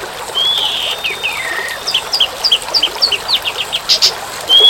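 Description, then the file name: Asian pied starling: a drawn-out whistle and falling slur, then a rapid string of short chirps, under rain-like hiss. Birdsong with rain sound mixed in. "suara burung jalak suren dan tengah hujan"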